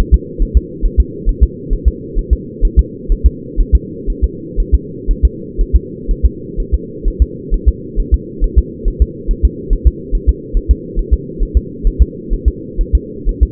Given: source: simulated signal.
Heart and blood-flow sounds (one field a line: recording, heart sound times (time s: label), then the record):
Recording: fetal heart sounds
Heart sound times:
0.14 s: S2
0.42 s: S1
0.57 s: S2
0.85 s: S1
1.00 s: S2
1.29 s: S1
1.43 s: S2
1.73 s: S1
1.88 s: S2
2.19 s: S1
2.33 s: S2
2.65 s: S1
2.79 s: S2
3.12 s: S1
3.26 s: S2
3.60 s: S1
3.75 s: S2
4.10 s: S1
4.24 s: S2
4.60 s: S1
4.74 s: S2
5.11 s: S1
5.25 s: S2
5.61 s: S1
5.76 s: S2
6.11 s: S1
6.25 s: S2
6.60 s: S1
6.74 s: S2
7.08 s: S1
7.22 s: S2
7.54 s: S1
7.68 s: S2
7.99 s: S1
8.14 s: S2
8.44 s: S1
8.58 s: S2
8.88 s: S1
9.02 s: S2
9.31 s: S1
9.45 s: S2
9.73 s: S1
9.87 s: S2
10.15 s: S1
10.29 s: S2
10.57 s: S1
10.71 s: S2
10.99 s: S1
11.13 s: S2
11.42 s: S1
11.57 s: S2
11.87 s: S1
12.02 s: S2
12.33 s: S1
12.48 s: S2
12.81 s: S1
12.95 s: S2
13.29 s: S1
13.43 s: S2
From the record:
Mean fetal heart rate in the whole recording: 130 bpm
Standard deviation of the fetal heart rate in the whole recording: 4 bpm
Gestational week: 38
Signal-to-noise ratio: -4.1 dB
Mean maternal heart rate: no maternal heart sound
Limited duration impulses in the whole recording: absent